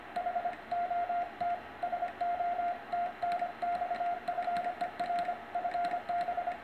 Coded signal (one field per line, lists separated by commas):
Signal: Morse code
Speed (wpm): 26 wpm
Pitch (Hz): 700 Hz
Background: radio noise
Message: HOT SO TNX FER FB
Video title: DL1DGS. SERG TKS QSO CW 10M #py1ax